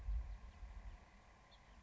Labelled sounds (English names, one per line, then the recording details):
House Finch
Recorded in Sonoma County, California